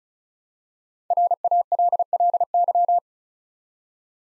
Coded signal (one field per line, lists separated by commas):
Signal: Morse code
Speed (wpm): 36 wpm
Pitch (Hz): 700 Hz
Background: none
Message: RALLY